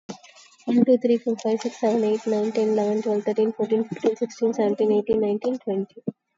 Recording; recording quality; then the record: counting at a fast pace; excellent, no background noise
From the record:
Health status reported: COVID-19 positive, moderate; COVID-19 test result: positive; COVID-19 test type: RT-PCR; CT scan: not taken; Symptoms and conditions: cough, cold, sore throat, fever, fatigue, muscle pain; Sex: female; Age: 30 years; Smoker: no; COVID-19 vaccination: none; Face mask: worn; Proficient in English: yes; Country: India